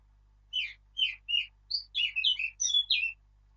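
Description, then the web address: Eurasian blackcap delivering a varied warbling song, a few separate whistled notes that speed into a richer fluty flourish, with nothing else audible. "birdsong Sylvia atricapilla"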